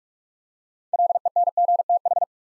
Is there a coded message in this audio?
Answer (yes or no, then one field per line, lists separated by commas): yes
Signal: Morse code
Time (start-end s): 0.9-2.2 s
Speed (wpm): 44 wpm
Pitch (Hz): 700 Hz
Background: none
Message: LENGTH